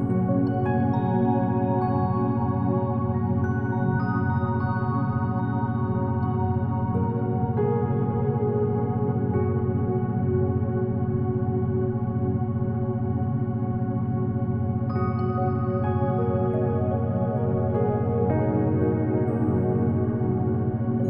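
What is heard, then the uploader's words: Soft ambient music with a constant low drone and sustained tones, steady and dense, with gentle chord changes near 7, 15 and 18 seconds. Soft and peaceful ambient relaxation music with beta binaural beats for deep sleep and meditation. 15 Hz Beta Wave Binaural Beats. Binaural Beats with Peaceful Ambient Sleep Music.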